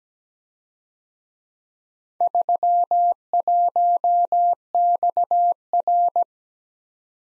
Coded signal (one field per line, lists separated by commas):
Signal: Morse code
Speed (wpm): 20 wpm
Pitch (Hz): 700 Hz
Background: none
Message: 31XR